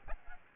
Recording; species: mosquito wingbeat signal from an infrared sensor; Aedes aegypti